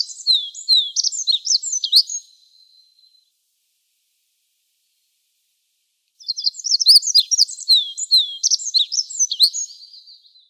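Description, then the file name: Olive-backed pipit song: two lively phrases of rapid, high-pitched twitters and trills, the first ending in a thin drawn-out tail, with a pause of about three seconds between them. "Konek pjatnistyj"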